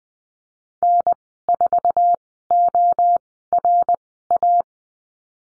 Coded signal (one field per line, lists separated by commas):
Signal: Morse code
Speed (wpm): 20 wpm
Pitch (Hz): 700 Hz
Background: none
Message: N4ORA